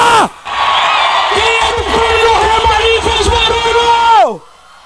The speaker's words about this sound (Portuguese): Até porque essa torcida ainda está nativa no ano de 2017. O grito da torcida do Paysandu, pô!